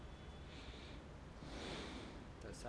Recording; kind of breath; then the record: one breath in and out by a microphone near the nose and mouth; normal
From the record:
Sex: male